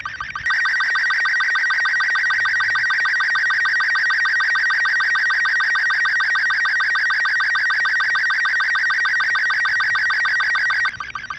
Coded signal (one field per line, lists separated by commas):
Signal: SSTV (slow-scan television)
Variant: Robot 36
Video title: I send an Images over my ham radio😲|| How to send photos by Radio|| baofeng 888,UV5r||Walkie talkie